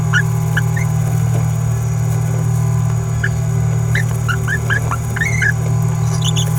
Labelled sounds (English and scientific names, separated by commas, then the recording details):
Green-rumped Parrotlet (Forpus passerinus) babbling
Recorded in a nest box in Venezuela
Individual 18B17A3